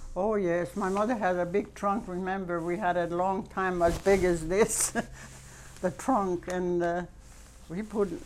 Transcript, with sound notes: Oh, yes. My mother had a big trunk. Remember, we had it a long time, as big as this. ( she laughs ) The trunk, and we put